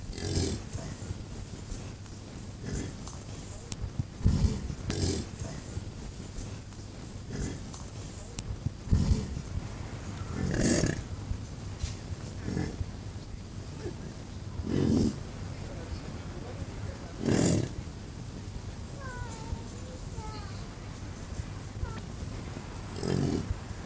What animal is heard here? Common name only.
European Bison